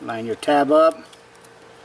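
Someone talks briefly while lining up the tab of a plastic LED daytime running light wiring connector with the harness plug on a 2012-2015 Toyota Tacoma, followed by faint handling noise. The connector is only being handled here and nothing has seated or clicked yet.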